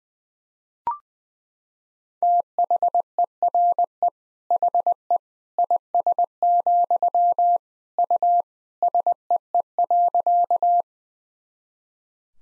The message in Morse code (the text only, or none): THERE HE IS, U SEE.